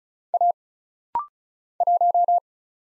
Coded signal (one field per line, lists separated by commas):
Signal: Morse code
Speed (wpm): 33 wpm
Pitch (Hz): 700 Hz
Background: none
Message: A 1